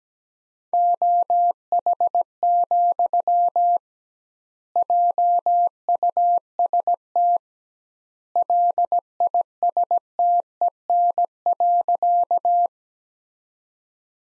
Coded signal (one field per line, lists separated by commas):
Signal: Morse code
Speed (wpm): 17 wpm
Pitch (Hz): 700 Hz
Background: none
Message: OH, JUST LISTEN.